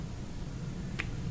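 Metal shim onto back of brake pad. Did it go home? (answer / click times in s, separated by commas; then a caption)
yes / 1.0 s. A greased metal anti-squeal shim is pressed onto the back of a front brake pad. A single sharp snap at 1.0 s rises above a steady low hum. The shim snaps into place and is seated.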